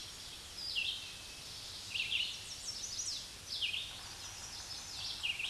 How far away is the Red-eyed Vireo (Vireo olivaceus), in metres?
about 30 m